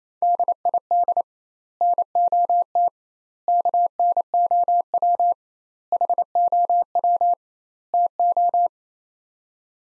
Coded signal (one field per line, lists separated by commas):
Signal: Morse code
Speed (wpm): 28 wpm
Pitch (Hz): 700 Hz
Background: none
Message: DID NOT KNOW HOW TO